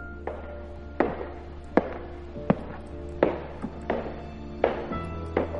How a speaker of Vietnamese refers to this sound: Ở bên ngoài, hành lang dường như lại vang lên tiếng bước chân. Tiếng bước chân ở đây, nó không có đơn giản, mà nó là một nỗi ám ảnh.